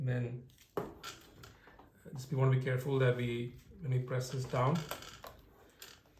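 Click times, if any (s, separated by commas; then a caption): 5.3 s, 5.8 s. Someone talks while a motherboard is lined up and pressed down onto the mount of a mining rig frame, with a sharp knock near 0.8 s and faint taps after it. Small snaps at 5.3 s and 5.8 s mark the motherboard seating onto the mount.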